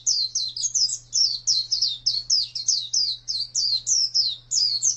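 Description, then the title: White-eye pouring out a continuous stream of shrill, rapid descending whistles over a faint steady low hum. Singing described as super gacor. "Kicauan Burung Pleci ♪♪ Super Gacor"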